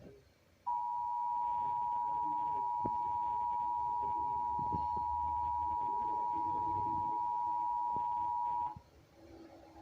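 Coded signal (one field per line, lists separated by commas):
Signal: Emergency Alert System (SAME) tones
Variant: 853 and 960 Hz attention tone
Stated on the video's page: Pennsylvania required monthly test received from AM, FM, cable and TV stations, including an Xfinity cable relay and a TFT EAS 911 unit.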